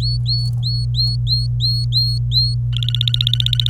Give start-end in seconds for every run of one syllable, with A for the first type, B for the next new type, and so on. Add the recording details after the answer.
0.00-2.54 A, 2.73-3.69 B. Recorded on 26 April 2018 at 11:46. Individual llb3